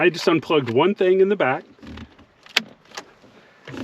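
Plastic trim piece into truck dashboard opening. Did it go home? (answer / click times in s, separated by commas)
yes / 2.6 s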